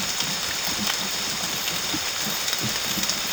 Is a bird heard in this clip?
no